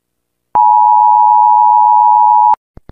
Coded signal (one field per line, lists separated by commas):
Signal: Emergency Alert System (SAME) tones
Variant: 853 and 960 Hz attention tone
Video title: (UPDATED) Gacha Life | Me Rating EAS Alarms Around The World [All Parts + Part 3!]